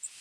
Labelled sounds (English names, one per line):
Blackburnian Warbler flight call